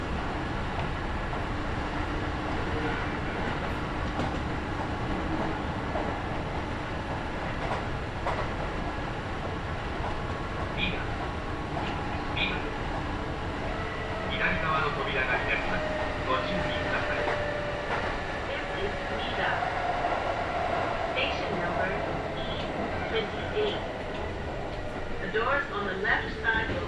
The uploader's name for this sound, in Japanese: 近鉄名古屋線各駅停車 塩浜→白子